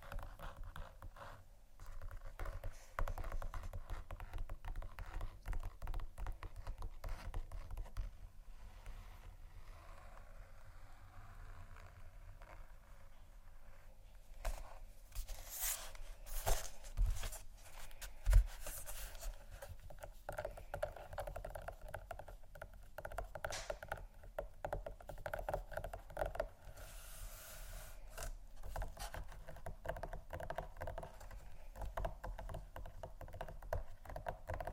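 Scratching and tapping on a textured surface, in a steady run of dense, irregular clicks and rasps. Sharper, brighter bursts stand out around 15 to 19 seconds and again near 27 seconds, over a low hum.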